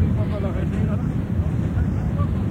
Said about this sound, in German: Und die Winder, die Trommeln im Maschinenhaus, auf denen das Tragseil aufgespult wird, haben einen Durchmesser von 12 Metern. Mit jeder Umdrehung, die sie machen, saust der Aufzug 36 Meter runter.